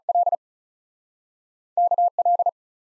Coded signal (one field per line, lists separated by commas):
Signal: Morse code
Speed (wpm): 48 wpm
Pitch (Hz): 700 Hz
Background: none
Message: L K L